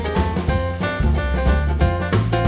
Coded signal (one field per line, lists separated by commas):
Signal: none